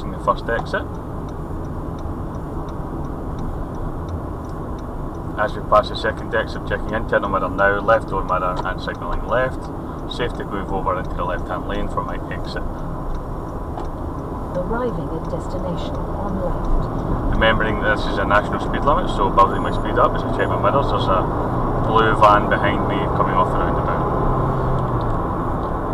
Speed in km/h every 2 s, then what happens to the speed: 40, 42, 44, 44, 42, 44, 44, 47, 53, 60, 66, 71, 74.
0-13 steady at about 44. 13-23 speeds up to 74.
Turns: 0-11.